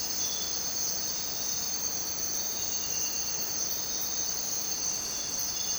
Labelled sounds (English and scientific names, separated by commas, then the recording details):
none
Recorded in dense forest near Puerto Asís, Putumayo, Colombia, on 29 June 2025 at 05:00
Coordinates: 0.484, -76.317
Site G045